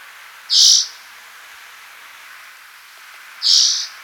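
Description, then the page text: Spotted forktail giving two piercing, high squeaky calls roughly three seconds apart, each brief and strident, with quiet hiss between. "Spotted Forktail Call Sound Effect. Quick Sounds"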